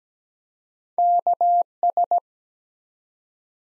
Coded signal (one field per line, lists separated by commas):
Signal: Morse code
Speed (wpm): 17 wpm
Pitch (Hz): 700 Hz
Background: none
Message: KS